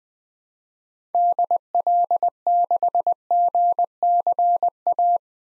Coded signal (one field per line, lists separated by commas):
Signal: Morse code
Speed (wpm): 20 wpm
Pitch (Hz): 700 Hz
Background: none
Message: DL6GCA